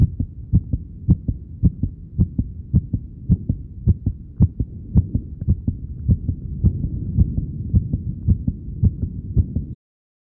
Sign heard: Heart beat fluctuating.